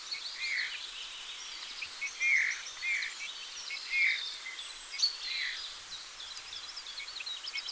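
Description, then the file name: Eurasian bullfinch giving soft whistled notes, about five over several seconds, with faint higher twittering and steady background hiss. "Pyrrhula pyrrhula"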